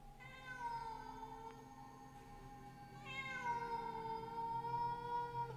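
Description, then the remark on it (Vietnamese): At night, a black cat lets out a long, eerie yowl that rises, dips, then swells again into a second sustained wail, its pitch wavering and drawn out, with no one talking. “Con mèo trong khung ảnh cất lên âm thanh nghe ghê rợn trong đêm.”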